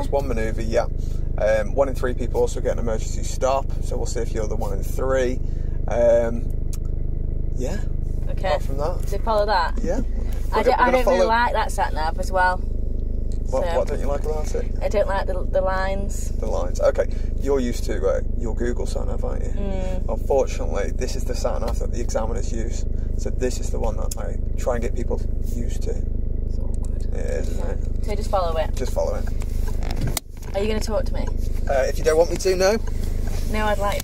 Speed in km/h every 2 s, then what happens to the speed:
0, 0, 0, 0, 0, 0, 0, 0, 0, 0, 0, 0, 0, 0, 0, 0, 0.
0-34 standing.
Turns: none.